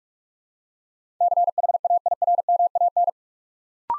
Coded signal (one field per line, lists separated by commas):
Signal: Morse code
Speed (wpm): 44 wpm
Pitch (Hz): 700 Hz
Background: none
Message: CHAIRMAN